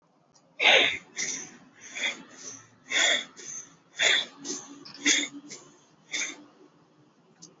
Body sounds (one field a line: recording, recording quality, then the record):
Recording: shallow breathing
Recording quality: excellent, no background noise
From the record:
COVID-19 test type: RT-PCR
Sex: male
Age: 22 years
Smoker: no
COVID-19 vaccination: both doses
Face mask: worn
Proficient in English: yes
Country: India